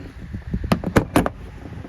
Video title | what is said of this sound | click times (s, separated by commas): TOYOTA RAV4 (2019 - 2025) Reverse / Back Up LIGHT BULB Replacement - Easy! | and pop this guy out. | 0.7 s, 1.0 s, 1.2 s